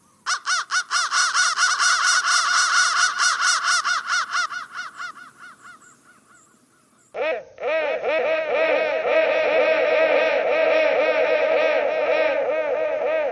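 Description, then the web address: Crow cawing in a fast run of harsh, nasal calls, about two each second, first at a higher pitch and fading, then after a brief pause a lower, steadier series. "soundfactory crow 1"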